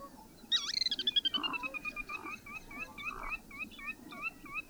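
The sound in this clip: Bird calls: a harsh descending burst, then a series of short upslurred whistled notes.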